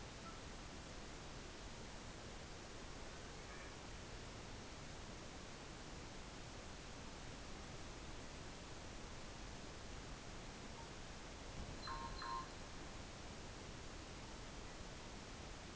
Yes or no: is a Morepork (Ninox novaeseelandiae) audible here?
no